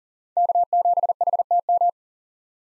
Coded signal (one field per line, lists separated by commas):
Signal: Morse code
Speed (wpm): 37 wpm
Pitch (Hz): 700 Hz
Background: none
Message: K7HTM